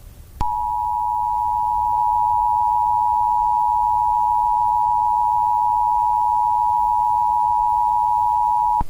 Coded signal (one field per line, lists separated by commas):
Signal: Emergency Alert System (SAME) tones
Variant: 853 and 960 Hz attention tone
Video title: Cloud Fall | EAS Scenario